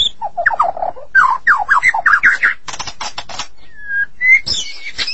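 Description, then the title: White-rumped shama song mixing fast looping mid-pitched warbles, harsh rattling bursts, and a few clear drawn-out whistles. "Suara Burung Murai"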